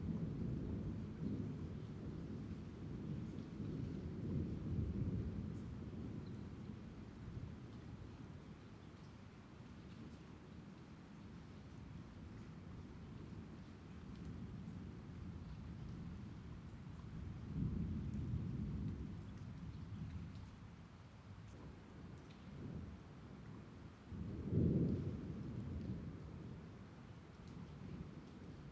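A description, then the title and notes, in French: Thunder rolls through the whole recording, a deep, continuous rumble that swells and fades rather than cracking sharply. The low roar is strongest in the first few seconds and again around 18 seconds, with a brief heavier boom near 25 seconds, over a faint hiss like light rain. L'orage est proche. Gorges Chandel - Nagra seven - mkh8020 - stéréo. La grande chance est qu'en cette soirée de fin de printemps pas une goutte d'eau ne va tomber me laissant apprécier le roulement du tonnerre.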